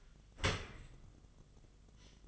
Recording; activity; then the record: daily activity, microphone in the room; open dishwasher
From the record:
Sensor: 4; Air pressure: 1005.5 hPa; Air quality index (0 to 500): 111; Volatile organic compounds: 3 ppm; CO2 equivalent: 1389 ppm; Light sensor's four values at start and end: 11/24/9/9 and 11/26/10/10